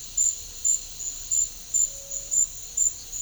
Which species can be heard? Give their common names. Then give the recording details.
Blue Ground Dove. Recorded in pastures near Puerto Asís, Putumayo, Colombia, on 26 December 2024 at 10:30. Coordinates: 0.496, -76.326. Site G004